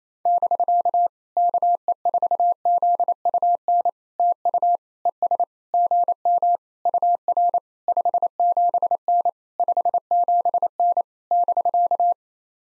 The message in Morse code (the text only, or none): <BK> KE4ZUN TU ES GM UR 57N 57N <BK>